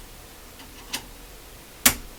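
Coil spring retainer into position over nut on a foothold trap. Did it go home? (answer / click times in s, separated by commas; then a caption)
yes / 1.9 s. A screwdriver works a metal coil-spring retainer from a four-coil kit over the nut on a steel Duke #3 foothold trap. A smaller tick at 0.9 s comes first, then one sharp, loud click at 1.9 s as the retainer snaps into place over the nut and seats.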